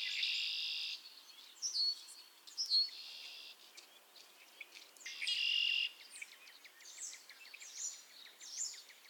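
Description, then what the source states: Frogs in chorus: long buzzy high trills of about a second each, separated by short chirps and faint clicks. Chorus of frogs calling to one another on a summer evening, Miners Marsh, Annapolis Valley, Nova Scotia.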